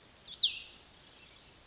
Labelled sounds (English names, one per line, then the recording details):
Cassin's Vireo
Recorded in Sonoma County, California